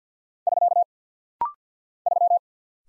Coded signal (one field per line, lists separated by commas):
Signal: Morse code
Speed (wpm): 49 wpm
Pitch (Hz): 700 Hz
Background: none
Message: <SK> 3